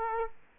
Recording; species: mosquito wingbeat signal from an infrared sensor; Culex quinquefasciatus